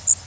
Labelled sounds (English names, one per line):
Blackburnian Warbler flight call